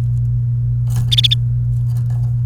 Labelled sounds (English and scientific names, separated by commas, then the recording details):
Domestic Canary (Serinus canaria) song
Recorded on 29 April 2018 at 12:46
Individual llb3